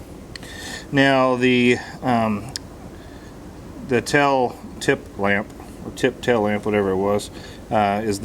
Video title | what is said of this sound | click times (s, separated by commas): Install LED Brake Lights & Turn Signals on Harley Davidson - Complete Guide & Instructions | push it in till it clicks | 0.4 s